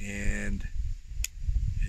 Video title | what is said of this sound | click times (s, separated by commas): Victorinox Ranger Grip 58 Hunter Knife Review | kind of snaps into place | 1.2 s